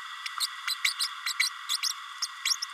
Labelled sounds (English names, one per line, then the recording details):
Green-rumped Parrotlet babbling
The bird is a male
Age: 31 days
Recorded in a nest box in Venezuela
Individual 17B32A6